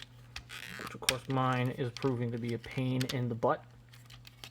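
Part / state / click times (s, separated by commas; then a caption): plastic sliding panel into leg sections of a transforming robot figure / seated / 4.3 s, 4.4 s. Someone talks while pushing a sliding plastic piece back on an MMC Ocular Max PS-12 Saltus (MP Springer) transforming robot figure, with faint plastic ticks and handling noises around the speech. Two sharp clicks at 4.3 s and 4.4 s mark the piece locking into each of the two leg sections, and it is seated.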